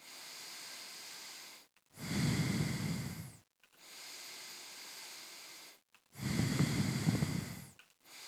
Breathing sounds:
nose breathing near a microphone
0.00-1.69 s: inhalation
1.69-3.64 s: exhalation
3.64-5.94 s: inhalation
5.94-7.79 s: exhalation
7.79-8.28 s: inhalation
From the record:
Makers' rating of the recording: medium

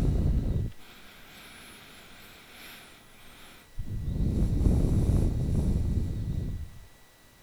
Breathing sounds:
nose breathing near a microphone
0.00-0.63 s: exhalation
0.63-3.81 s: inhalation
3.81-6.20 s: exhalation
From the record:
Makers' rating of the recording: bad

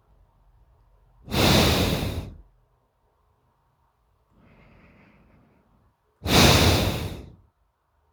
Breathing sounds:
nose breathing near a microphone
0.00-1.15 s: inhalation
1.15-2.29 s: exhalation
4.17-6.05 s: inhalation
6.05-7.23 s: exhalation
From the record:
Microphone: phone

